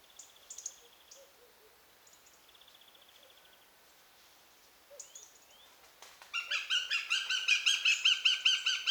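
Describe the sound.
Eurasian goshawk bursting into a loud, fast series of harsh cackling notes after several faint high calls and a brief click.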